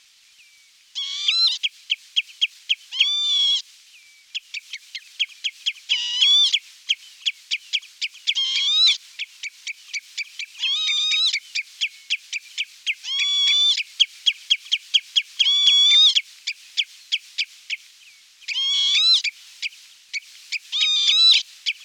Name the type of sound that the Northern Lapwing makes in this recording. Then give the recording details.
song. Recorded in the wild. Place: Cuxhaven, Schleswig-Holstein, DE. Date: 1978-07-19. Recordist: Schwarz, Dieter